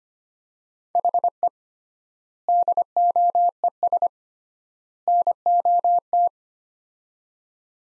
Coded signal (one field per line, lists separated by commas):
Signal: Morse code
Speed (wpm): 25 wpm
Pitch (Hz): 700 Hz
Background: none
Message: HE DOES NOT